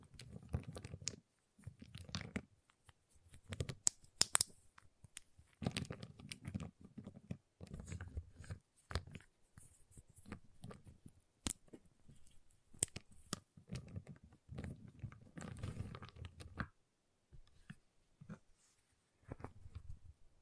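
A giant chocolate bar is tapped, cut and snapped in bursts of activity separated by short silences. Sharp bright cracks and clicks stand out, especially around four seconds and near eleven seconds, over low dull thuds and scraping. The pace is irregular throughout.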